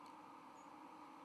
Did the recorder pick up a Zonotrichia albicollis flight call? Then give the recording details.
yes. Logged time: 09:28 on 31 October 2014